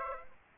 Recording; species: mosquito wingbeat signal from an infrared sensor; Aedes aegypti